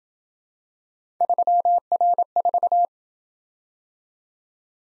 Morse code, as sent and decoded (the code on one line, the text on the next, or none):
...-- .-. ....-
3R4